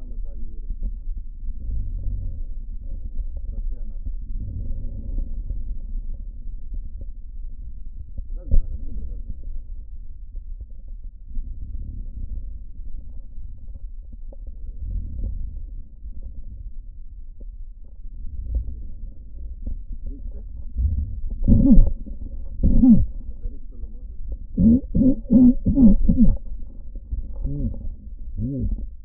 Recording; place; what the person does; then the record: lung sounds by stethoscope; right posterior basal chest; quiet breathing, then cough and speech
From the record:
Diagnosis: COPD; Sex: male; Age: 70 years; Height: 170 cm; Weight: 74 kg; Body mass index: 25.6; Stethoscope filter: diaphragm mode